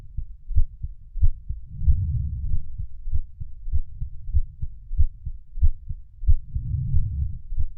Heartbeat with deep breaths.